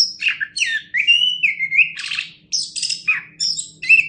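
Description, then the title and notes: Orange-headed thrush song with loud sweeping whistles, slurred notes and rattling buzzy segments in quick succession, briefly pausing between phrases. National champion bird. "Anis Kembang Juara Nasional. kicau anis kembang"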